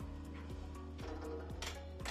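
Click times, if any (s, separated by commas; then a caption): 1.6 s. The pull-down shelf unit of an accessible (ADA) wall cabinet is pulled down toward the user, a design that brings the top shelves within reach of someone in a wheelchair or unable to reach them. Music plays steadily throughout, and a single sharp hit sounds at 1.6 s as the mechanism reaches its lowered position and locks into place.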